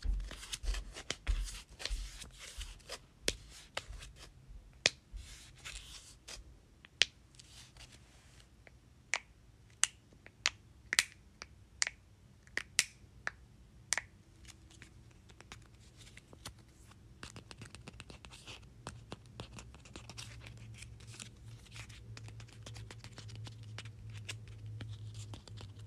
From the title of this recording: Flipping and tapping sticky notes